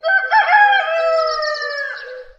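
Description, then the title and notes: Chicken: rooster crowing: a single loud, harmonic cock-a-doodle-doo with stuttered opening notes, then a long sustained note that fades over about two seconds. Village rooster. "Village Rooster Crowing appeared first on Orange Free Sounds"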